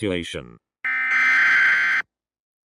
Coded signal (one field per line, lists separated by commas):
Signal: Emergency Alert System (SAME) tones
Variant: header bursts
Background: speech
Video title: Big run splatoon 3 eas scenario